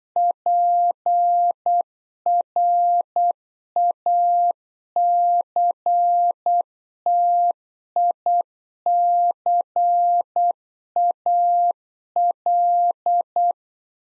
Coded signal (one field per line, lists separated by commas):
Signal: Morse code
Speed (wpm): 8 wpm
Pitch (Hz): 700 Hz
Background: none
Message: PRACTICAL